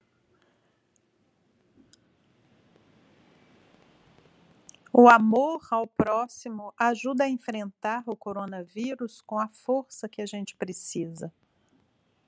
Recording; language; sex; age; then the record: spoken sentence; Brazilian Portuguese; female; 60 to 69 years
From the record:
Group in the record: control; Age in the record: 63 years